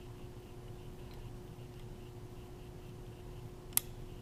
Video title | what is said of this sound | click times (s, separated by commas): Welding Oxy/Acy safety | there's the click I know it's on the first thread it's not going to cross thread on me | 3.8 s